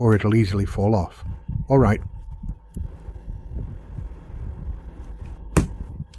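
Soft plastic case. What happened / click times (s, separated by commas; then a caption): The case half snapped onto the device / 5.6 s. Someone talks as the top half of a soft two-piece protective case is fitted onto an AYN Thor handheld gaming console; a well-molded case of this kind should snap on tightly. Quieter handling rustles follow, then a sharp, loud snap at 5.6 s. The top half of the case is seated on the console.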